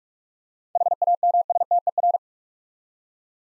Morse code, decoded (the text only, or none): HAMSTER